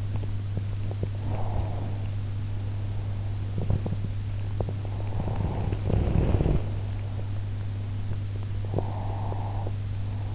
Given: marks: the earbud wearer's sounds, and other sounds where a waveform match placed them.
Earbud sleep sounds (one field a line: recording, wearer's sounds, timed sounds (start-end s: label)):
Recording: sounds in sleep by an in-ear microphone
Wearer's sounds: teeth grinding, breath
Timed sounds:
0.00-0.91 s: teeth grinding
1.16-3.38 s: breath
3.51-5.21 s: teeth grinding
5.21-6.43 s: breath
8.59-10.35 s: breath